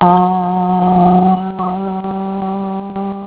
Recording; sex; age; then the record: sustained vowel /a/ by telephone; female; 50 to 59 years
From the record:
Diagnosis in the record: Parkinson's disease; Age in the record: 58 years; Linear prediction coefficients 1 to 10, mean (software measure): 1.76, -0.79, -0.31, 0.09, 0.30, -0.07, -0.12, 0.00, 0.18, -0.14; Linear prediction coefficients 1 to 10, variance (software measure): 0.026, 0.057, 0.015, 0.025, 0.040, 0.039, 0.020, 0.015, 0.019, 0.006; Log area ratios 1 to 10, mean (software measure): -3.12, 2.30, -0.67, -0.64, -0.12, 0.24, 0.06, 0.02, 0.14, 0.28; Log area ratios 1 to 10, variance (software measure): 0.103, 0.145, 0.174, 0.036, 0.075, 0.036, 0.062, 0.033, 0.022, 0.027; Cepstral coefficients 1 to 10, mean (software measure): 1.76, 0.78, 0.14, -0.19, -0.09, 0.00, 0.02, 0.02, 0.12, 0.07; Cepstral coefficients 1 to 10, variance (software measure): 0.026, 0.011, 0.012, 0.015, 0.005, 0.007, 0.005, 0.004, 0.002, 0.003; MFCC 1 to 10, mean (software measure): -5.17, 2.14, -0.15, -0.64, 0.59, 0.65, 0.33, 0.59, -0.01, -0.63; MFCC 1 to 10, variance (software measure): 1.185, 0.029, 0.088, 0.083, 0.042, 0.088, 0.118, 0.104, 0.063, 0.048